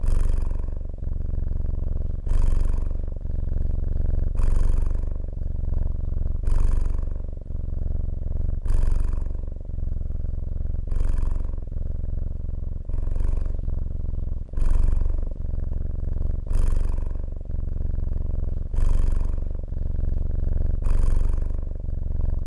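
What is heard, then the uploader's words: A cat purrs, a deep steady rumble in regular rising breaths, roughly one every two seconds, each marked by a brief airy hiss. Sound of a cat purring.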